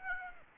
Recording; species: mosquito wingbeat signal from an infrared sensor; Aedes aegypti